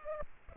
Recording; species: mosquito wingbeat signal from an infrared sensor; Culex pipiens